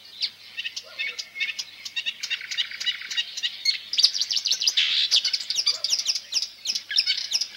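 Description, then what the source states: Marsh warbler singing steadily: a rapid, unbroken jumble of high chirps, buzzes and squeaky imitative phrases, growing richer and louder midway. Nests in green hedges and willow thickets; its simple song is decorated with fragments borrowed from other birds.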